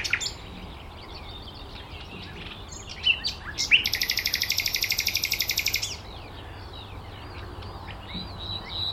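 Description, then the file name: Common nightingale delivering a fast, even, rattling series of high pulses lasting about two seconds, preceded by a few sharp notes, over constant background hiss. "Luscinia megarhynchos"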